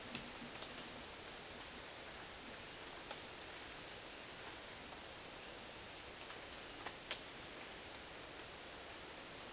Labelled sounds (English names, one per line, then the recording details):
none
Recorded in dense forest near Puerto Asís, Putumayo, Colombia, on 25 June 2025 at 13:30
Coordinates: 0.484, -76.325
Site H65